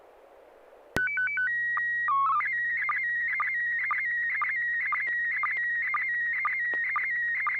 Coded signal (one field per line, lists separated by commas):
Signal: SSTV (slow-scan television)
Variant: PD 120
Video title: N6NA SSTV Net - 10/15/2025